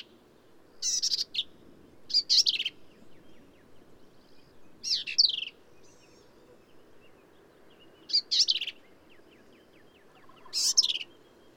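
Black-capped vireo song: short, harsh, squeaky phrases of high jumbled notes every few seconds, with faint ticking and soft background noise between.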